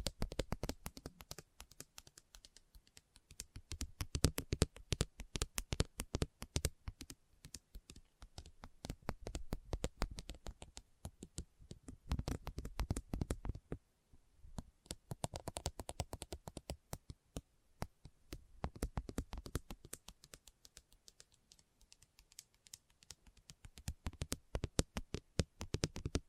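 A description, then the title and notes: A Christmas trigger assortment with no talking: dense, rapid tapping and clicking runs almost without pause, like fingers drumming on hard surfaces. The taps come in busy bursts with a few brief quiet gaps, the clearest near fourteen seconds, over a soft low rustle. Christmas Trigger Assortment (No Talking).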